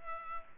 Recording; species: mosquito wingbeat signal from an infrared sensor; Culex pipiens